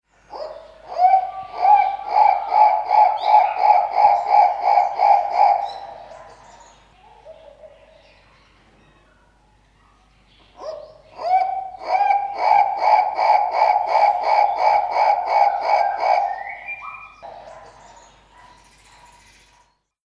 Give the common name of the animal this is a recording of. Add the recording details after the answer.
Guinea Turaco. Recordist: Tembrock, Günter. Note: Rufreihen